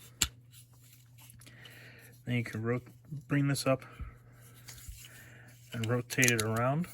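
A plastic arm of a Transformers Studio Series Blurr action figure is rotated and pressed into the figure's body, snapping into place with a sharp click at 0.2 s. Afterward, faint handling sounds are heard while someone talks. The arm is seated.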